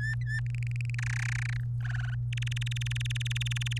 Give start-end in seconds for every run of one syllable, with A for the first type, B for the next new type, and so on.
0.00-0.40 A, 0.46-0.95 B, 0.98-1.57 C, 1.80-2.15 D, 2.33-3.78 E